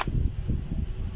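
A wire terminal connector that would not go in on earlier attempts is pushed into its socket in a Stanley SthM10 10-kilo demolition hammer. A sharp click at 0.0 s is followed by a steady low rumble for the rest of the clip. The connector is seated.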